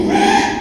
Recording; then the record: squeal of a Yucatan mini pig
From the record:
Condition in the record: after surgery on the right vocal fold (resection and tissue-engineered implant); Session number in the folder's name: 4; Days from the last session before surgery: 42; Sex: male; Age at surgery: 12 weeks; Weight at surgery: 13 kg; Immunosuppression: cyclosporine, prednisolone